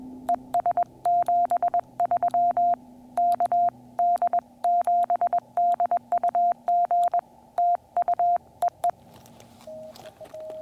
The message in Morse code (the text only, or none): ES 73 KD7DUG TU EE